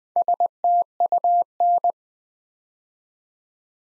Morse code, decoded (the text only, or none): STUN